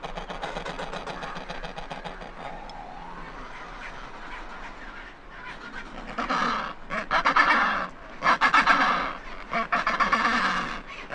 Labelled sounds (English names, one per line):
Adelie Penguin call